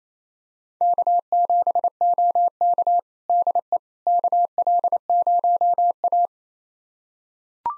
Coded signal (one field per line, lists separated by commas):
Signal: Morse code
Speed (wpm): 28 wpm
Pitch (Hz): 700 Hz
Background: none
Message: K7OK DE KL0A